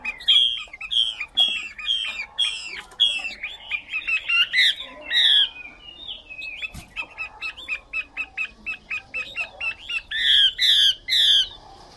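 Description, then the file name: Chinese hwamei song: series of loud repeated whistles, shifting into fast chattering runs, then loud whistled notes again. Female hwamei singing. "Tieng chim hoa mi mai hot"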